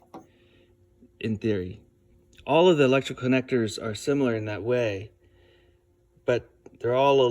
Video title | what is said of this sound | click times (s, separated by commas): 2005 Dodge Ram 1500 3.7 Engine Install Part 1 | and it clicks down and once you've done that you can push this this part and it slides right off | 0.1 s